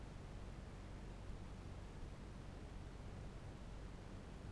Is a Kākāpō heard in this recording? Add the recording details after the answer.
no. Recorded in New Zealand. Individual Barnard